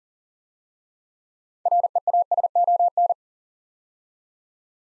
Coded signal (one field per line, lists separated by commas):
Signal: Morse code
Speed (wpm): 40 wpm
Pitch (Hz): 700 Hz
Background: none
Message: REASON